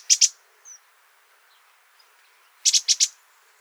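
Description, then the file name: Great tit calls: a quick pair of high, sharp notes, then a tight burst of four similar high notes after a short pause. "Parus major"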